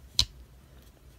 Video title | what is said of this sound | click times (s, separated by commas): Great Eastern #97 Allegheny (Beaver Tail) | man does it lock in place you hear that hear that snap watch listen to this one hear | 0.2 s